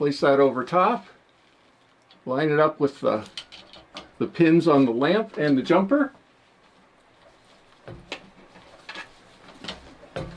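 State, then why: Not seated. Someone talks while the plastic lamp connector of a VIQUA IHS12-D4 UV disinfection system is placed over the top, lined up with the pins on the lamp, and slid down onto it. Faint taps and knocks follow after the talk. Nothing has seated or clicked yet.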